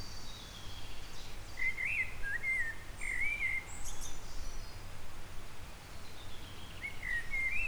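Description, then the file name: Eurasian blackbird song: short warbled whistled phrases near two seconds and again near seven, with a brief high twittering flourish between, over steady low background rumble. "Turdus merula"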